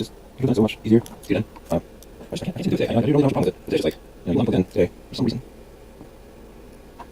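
Someone talks while trying to press a flex cable connector onto its socket on an iPhone logic board during a screen replacement. Two brief, faint sharp sounds come right at the end, near 7.0 and 7.2 seconds. The connector has not seated or clicked yet.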